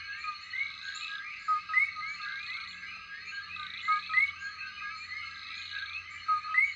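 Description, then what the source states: Common coqui chorus with repeated two-part calls, each a short low note followed by an upswept whistle, over a dense background of many frogs. Night chorus.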